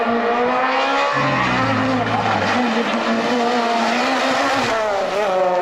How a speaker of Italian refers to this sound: Ammazzo quanto tirava sta macchina.